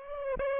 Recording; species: mosquito wingbeat signal from an infrared sensor; Aedes aegypti